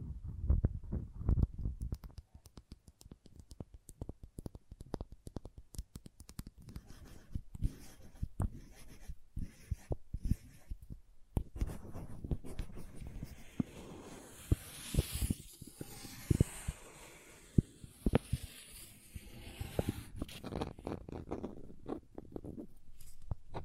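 Crayons tap, scrape and carve against a surface in quick, irregular clicks and scratches throughout. Low thuds mark the first seconds, and around fifteen to seventeen seconds a brighter, hissing scraping stroke rises before the sparse tapping returns.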